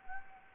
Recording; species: mosquito wingbeat signal from an infrared sensor; Anopheles gambiae